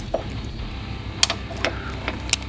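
A plastic fuel line quick-connect is pushed onto the port of a flex fuel (E85) sensor on a Camaro, giving sharp clicks at 1.2 s and 2.3 s among a few softer taps over a low background hum. The connector snaps home and is seated.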